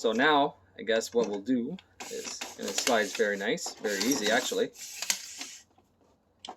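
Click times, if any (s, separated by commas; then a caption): 6.4 s. Someone talks while sliding the telescoping arm of a Master Craft underhood work light bar out to length, and it glides smoothly. A sharp click at 6.5 s marks the extendable bar latching and locking in place.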